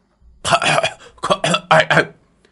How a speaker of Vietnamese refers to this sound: Nam tử ôm cổ ho khan, vẻ cực kỳ khó chịu.